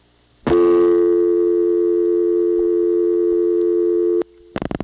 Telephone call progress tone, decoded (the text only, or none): dial tone